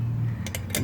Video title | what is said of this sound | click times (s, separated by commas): Finding Fatwood Knots+Hardwood+Lixada Grill Time (Episode36) | it just snaps right in | 0.8 s